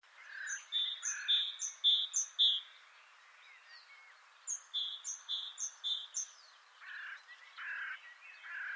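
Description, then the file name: Great tit song: a bright two-note phrase repeated several times in quick succession, a pause, then a few more, followed by lower notes. "Parus major"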